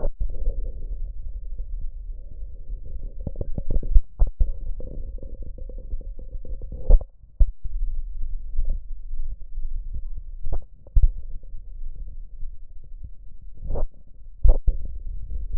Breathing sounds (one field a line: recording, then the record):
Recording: lung sounds by stethoscope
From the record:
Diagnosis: chronic bronchitis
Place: left posterior upper chest